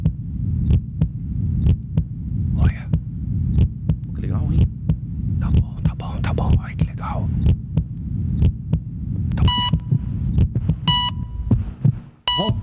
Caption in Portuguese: Vou encostar o coração bem perto do microfone para vocês ouvirem as batidas do meu coração.